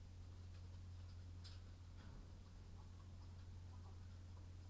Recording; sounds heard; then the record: poultry house recording; sick chickens (respiratory disease)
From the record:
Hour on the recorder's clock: 22